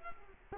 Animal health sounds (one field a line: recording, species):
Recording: mosquito wingbeat signal from an infrared sensor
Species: Culex quinquefasciatus